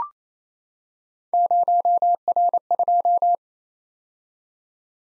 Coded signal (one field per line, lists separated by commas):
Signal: Morse code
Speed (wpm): 27 wpm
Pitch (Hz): 700 Hz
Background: none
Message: 0R2